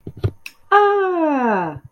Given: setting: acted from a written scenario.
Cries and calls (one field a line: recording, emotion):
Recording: vocal sound without words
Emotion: positive surprise